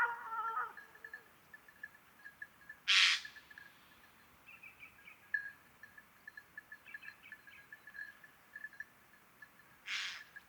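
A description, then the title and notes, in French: Eurasian jays give two loud, harsh screeches, one near the three-second mark and another at the very end. Between them, fainter, thinner calls and short chirps repeat steadily at a middle pitch, with a brief sliding call right at the start. Invasion de geais. Octobre 2019. Depuis deux mois une population de Geai des chênes (Garrulus glandarius) du nord de l'Europe arrive dans tout le pays.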